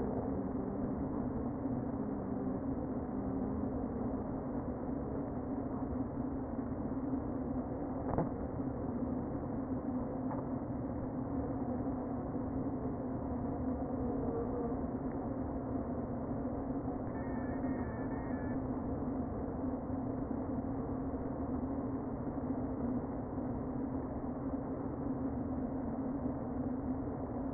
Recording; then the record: honeybee colony, microphone inside the hive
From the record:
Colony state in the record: queen present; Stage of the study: before two queens were removed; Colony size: about 60,000 bees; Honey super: yes